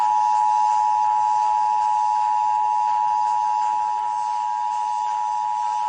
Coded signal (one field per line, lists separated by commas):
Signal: Emergency Alert System (SAME) tones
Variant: 853 and 960 Hz attention tone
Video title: EAS Indiana Required Monthly Test on WIKY FM and WABX FM (EAS #76) - 5-21-26